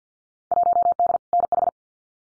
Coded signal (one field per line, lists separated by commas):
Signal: Morse code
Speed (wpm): 50 wpm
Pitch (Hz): 700 Hz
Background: none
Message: 1D NH